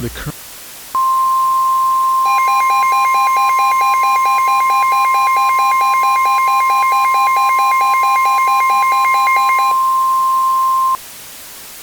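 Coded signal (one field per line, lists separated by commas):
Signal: Emergency Alert System (SAME) tones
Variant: 1050 Hz attention tone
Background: speech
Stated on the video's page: Fictional alert scenario.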